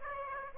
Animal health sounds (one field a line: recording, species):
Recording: mosquito wingbeat signal from an infrared sensor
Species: Aedes aegypti